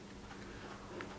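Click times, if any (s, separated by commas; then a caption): 1.0 s. A part is pushed home into a battery monitor display unit after the monitor is turned back on, against a steady low hum. A short, sharp click is heard at 1.0 s as the part seats.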